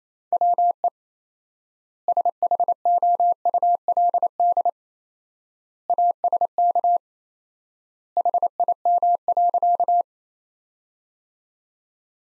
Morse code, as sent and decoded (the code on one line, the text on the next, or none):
.-- . / ... .... --- ..- .-.. -.. / .- ... -.- / .... .. -- .-.-.-
WE SHOULD ASK HIM.